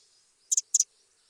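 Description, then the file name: Eurasian wren calling two quick doubled ticks, hard and dry, a fraction of a second apart, with faint high chirps behind. "Troglodytes troglodytes"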